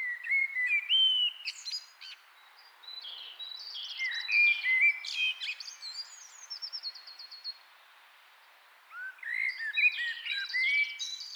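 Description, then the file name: Common blackbird song: fluty warbled notes and high squeaky twitters, a short pause, then another phrase. "Turdus merula"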